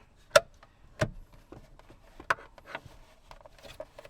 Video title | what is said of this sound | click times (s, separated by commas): Mercedes AMG GT/S [Android Head Unit Upgrade Install Video] | All snap in place. | 2.3 s